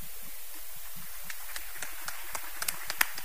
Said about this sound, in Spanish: Para ustedes el aplauso. Gracias.